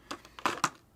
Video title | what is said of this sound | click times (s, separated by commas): Rexpid III and RXS against Spitfire | but I guess you just got to do it so you just got to push it really hard you can hear a click there | 0.5 s